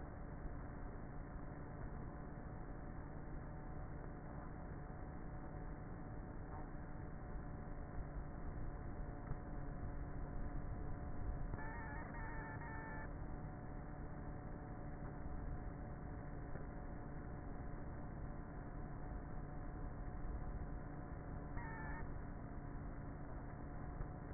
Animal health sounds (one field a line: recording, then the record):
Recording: honeybee colony, microphone inside the hive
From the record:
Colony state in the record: queenless with a low population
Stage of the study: before two queens were removed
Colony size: about 30,000 bees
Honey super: no